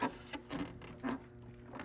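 An upper radiator hose quick-connect coupling on a Jeep Compass is pushed onto the radiator outlet neck, with rubbing, scraping effort sounds and a few brief knocks. Someone talks. The coupling has not clicked home yet and still needs about another quarter inch.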